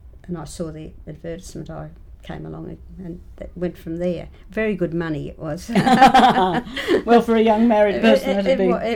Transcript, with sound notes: and I saw the advertisement I came along and it went from there. Very good money it was [laughs]
Well for a young married person that would be…